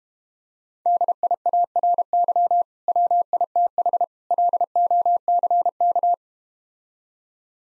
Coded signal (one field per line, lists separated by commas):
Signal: Morse code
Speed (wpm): 32 wpm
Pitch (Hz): 700 Hz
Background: none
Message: DIARY WITH LOCK